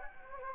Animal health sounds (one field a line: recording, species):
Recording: mosquito wingbeat signal from an infrared sensor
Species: Anopheles gambiae